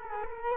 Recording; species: mosquito wingbeat signal from an infrared sensor; Culex quinquefasciatus